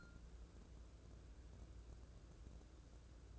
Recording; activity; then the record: daily activity, microphone in the room; take from stove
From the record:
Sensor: 2